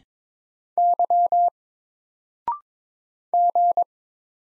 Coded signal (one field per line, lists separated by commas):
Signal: Morse code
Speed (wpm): 22 wpm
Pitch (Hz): 700 Hz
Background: none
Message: Y G